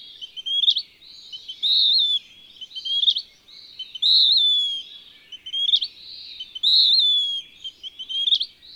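Western wood-pewee song of rough, slurred downward notes and quick upward-flicked phrases, alternating with short pauses.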